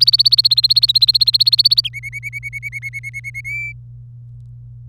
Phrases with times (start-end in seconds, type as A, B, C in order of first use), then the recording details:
0.00-1.89 A, 1.94-3.41 B, 3.45-3.72 C. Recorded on 25 April 2018 at 16:07. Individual llb3